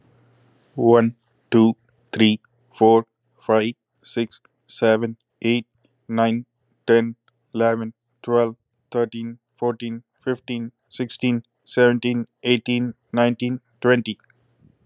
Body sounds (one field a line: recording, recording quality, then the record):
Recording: counting at a normal pace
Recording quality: excellent, no background noise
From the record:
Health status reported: exposed to COVID-19, no respiratory illness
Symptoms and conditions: cold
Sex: male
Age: 47 years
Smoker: not ticked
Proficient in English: yes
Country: United States